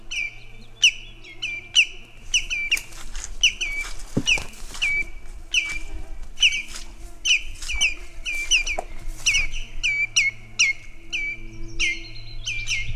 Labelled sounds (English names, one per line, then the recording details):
Common Greenshank call
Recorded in the wild
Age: adult
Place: Halbinsel Kindo, Karelien, RU
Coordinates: 66.5472, 33.0414
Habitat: upland moor
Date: 1994-06-23 18:02
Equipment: Sony TCD-D3, Sennheiser ME 80, K 30 AV (I), Windschutz
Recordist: Frommolt, Karl-Heinz
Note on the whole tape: Verchnoje Erschowskoje Ozero (Nordteil): Erregungsrufe und "tjü-tjü", 3 Grünschenkel, Entfernung minimal 10 m, Tiere gesehen, sehr gute Aufnahme